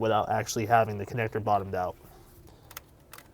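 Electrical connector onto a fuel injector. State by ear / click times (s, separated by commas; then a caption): not seated / none. Someone talks while handling an electrical connector on a fuel injector, then two faint, sharp ticks come at about 2.8 s and 3.1 s. The connector is still being handled and has not been pushed home or locked yet, so nothing has seated or clicked.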